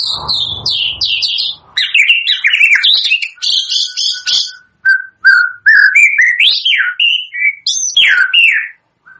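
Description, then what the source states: White-rumped shama song: high descending whistles, scratchy chatter and varied fluting notes delivered in quick bursts with brief silent gaps. Used as a lure for bird trapping (pikat); energetic, vigorously singing (gacor) bird.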